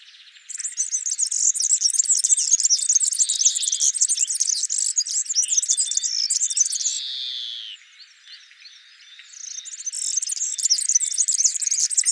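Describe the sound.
European serin song, a sustained, shrill, buzzy jingle of rapid notes lasting about seven seconds, fading briefly, then resuming with another rapid tinkling burst.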